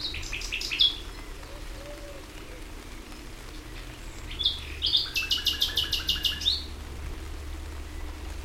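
Common nightingale song: a short burst of high chirps, a long pause, then a few notes and a rapid series of repeated notes, with faint low rumble behind.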